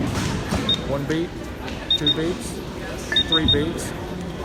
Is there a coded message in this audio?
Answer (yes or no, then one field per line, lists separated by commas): no